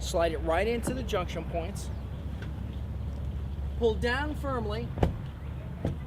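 Someone talks while the removable roof panel of a C6 Corvette coupe is slid into its junction points and the latch handle on the windshield header is pulled down firmly, over a steady low hum. Brief faint ticks occur, but the latch has not yet snapped shut and nothing has seated by the end of the clip.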